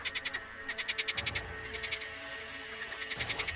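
A black frog about the size of an adult's hand, with blood-red eyes, sits on a corpse's belly, raises its head skyward and swells its throat as it croaks in rapid, rhythmic pulsing bursts: one long run of raspy calls, a brief pause under a low rumble, then another short series.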